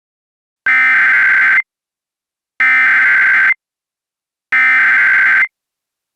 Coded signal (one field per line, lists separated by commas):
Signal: Emergency Alert System (SAME) tones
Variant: header bursts